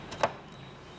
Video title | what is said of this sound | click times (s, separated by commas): Computer Building Guide | And they both need to click into position. | 0.2 s